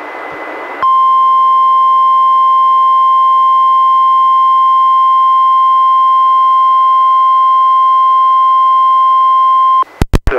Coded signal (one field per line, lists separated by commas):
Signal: Emergency Alert System (SAME) tones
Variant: 1050 Hz attention tone